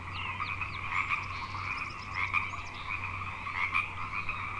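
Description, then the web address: Frog chorus, many callers overlapping in dense trilling and croaking with steady bands at two pitches, a few brief higher calls above. Frog chorus at Grafton Lake, recorded 3 May 2009. "The Frog Chorus Tunes Up On Grafton Lake"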